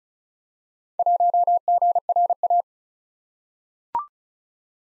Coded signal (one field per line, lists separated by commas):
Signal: Morse code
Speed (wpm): 36 wpm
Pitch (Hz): 700 Hz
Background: none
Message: 1GRA